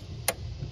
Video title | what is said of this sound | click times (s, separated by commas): 2007 Cadillac DTS Water Pump Replacement Part III | push that down to hear it snap | 0.3 s